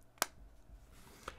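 The built-in kickstand on the hard plastic back of an FNTCASE case for a Galaxy S23 Ultra or S23 Plus is folded down into the case back. It seats with a sharp, bright click at 0.2 s, and a softer tick follows at about 1.3 s. No one talks.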